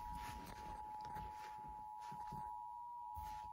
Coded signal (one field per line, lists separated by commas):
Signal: Emergency Alert System (SAME) tones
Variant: 853 and 960 Hz attention tone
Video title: EAS Alert Pennsylvania’s Statewide Required Monthly Test (EAS #248)